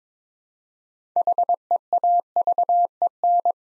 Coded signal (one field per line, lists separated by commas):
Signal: Morse code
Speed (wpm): 23 wpm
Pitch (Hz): 700 Hz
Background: none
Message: HEAVEN